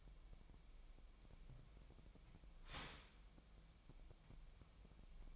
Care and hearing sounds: daily activity, microphone in the room; start toaster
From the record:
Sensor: 1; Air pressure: 1002.0 hPa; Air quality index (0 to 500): 240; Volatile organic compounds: 44 ppm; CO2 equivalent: 3213 ppm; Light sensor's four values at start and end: 10/35/12/14 and 10/35/12/14

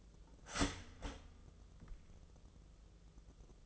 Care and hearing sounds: daily activity, microphone in the room; start toaster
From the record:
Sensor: 4

